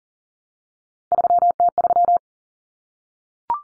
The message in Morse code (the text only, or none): 3T3